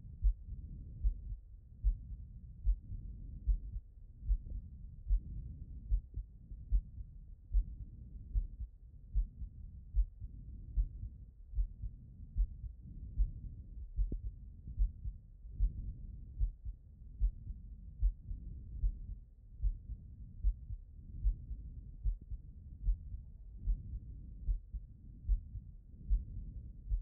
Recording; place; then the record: heart sounds by stethoscope; aortic valve (AV)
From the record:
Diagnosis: non-HFrEF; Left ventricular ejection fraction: 57%